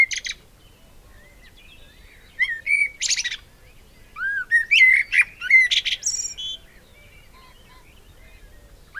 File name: Turdus merula